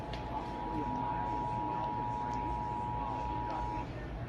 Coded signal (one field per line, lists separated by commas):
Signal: Emergency Alert System (SAME) tones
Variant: 853 and 960 Hz attention tone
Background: speech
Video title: Sorta missed Severe Thunderstorm Warning (EAS #5)